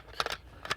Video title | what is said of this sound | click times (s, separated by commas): Cold War era rifles, Beretta AR70, CETME L and Daewoo K1. | rock it back and it locks into place and here is your magazine release right by my index finger the | 0.7 s